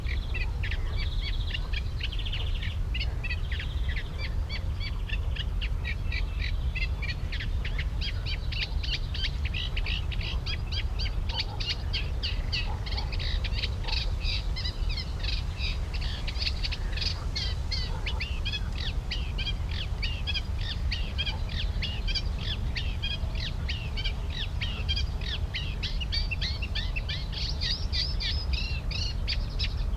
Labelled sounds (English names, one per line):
Eurasian Reed Warbler